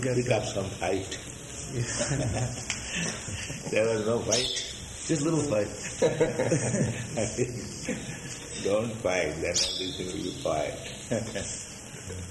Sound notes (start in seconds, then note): 1.7 laughs; 5.6 laughs